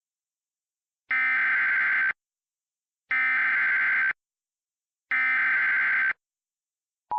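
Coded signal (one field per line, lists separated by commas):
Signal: Emergency Alert System (SAME) tones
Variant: header bursts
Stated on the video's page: Mock EAS alert, not a real activation.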